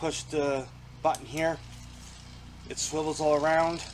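A Harbor Freight Tools socket wrench is handled: the release button is pressed and the swivel ratchet head is turned around while someone talks over a steady low hum. The metal head has not yet been pushed back down into the handle, so nothing has seated or clicked yet.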